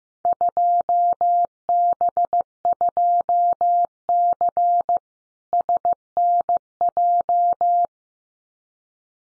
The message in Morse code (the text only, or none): 2B2C SNJ